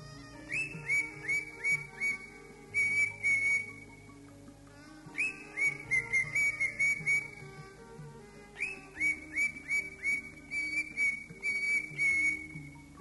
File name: cucak ijo